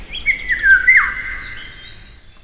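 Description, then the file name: Eurasian golden oriole call: a single rasping, nasal squawk that wavers and then slides downward before trailing off. "Wilga"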